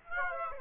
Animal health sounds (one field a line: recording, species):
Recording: mosquito wingbeat signal from an infrared sensor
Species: Aedes aegypti